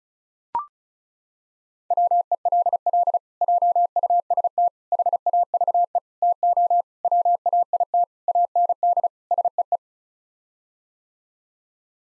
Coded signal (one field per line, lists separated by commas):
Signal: Morse code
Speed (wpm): 34 wpm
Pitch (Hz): 700 Hz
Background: none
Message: WELL JUST HAVE TO WAIT AND SEE